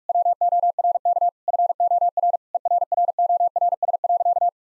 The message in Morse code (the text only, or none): WORK FOR ERRORS.